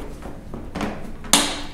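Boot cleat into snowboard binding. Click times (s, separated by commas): 1.3 s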